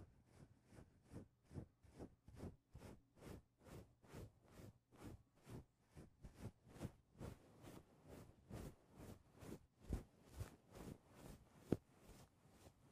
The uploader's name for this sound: mic touching